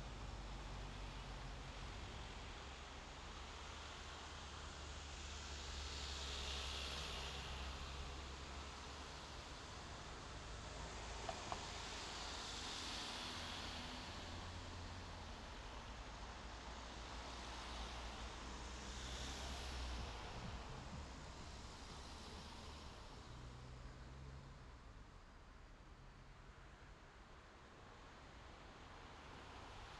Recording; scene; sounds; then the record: everyday scene through a hearing-aid microphone; in traffic; traffic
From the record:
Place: main road on the outskirts, rush hour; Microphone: in the ear canal, left